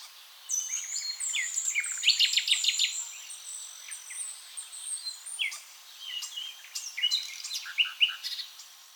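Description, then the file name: Common nightingale delivering a dense, varied song: sweeping high whistles, quick repeated chips and trilled notes, in several bursts of phrases. "Luscinia megarhynchos"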